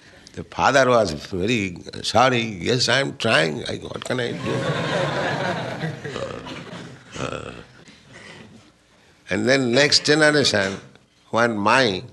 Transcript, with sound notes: The father was very sorry, "Yes, I am trying. What can I do?" [laughter] And then next generation, when my...